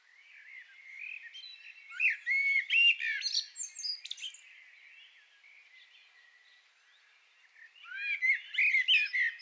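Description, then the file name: Common blackbird twittering phrase of high chirps and squeaks, followed by a pause of about three seconds and then another burst of twitters. "Turdus merula"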